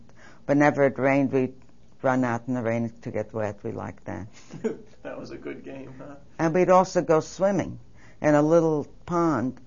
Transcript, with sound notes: And whenever it rained we'd run out in the rain to get wet. We liked that.
(He laughs.) That was a good game, huh.
And we'd also go swimming in a little pond.